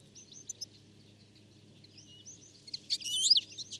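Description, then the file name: European goldfinch calls: faint, scattered twitters at first, building into a loud, jumbled burst of bright, tinkling notes in the final second, over low background rumble. "Carduelis carduelis"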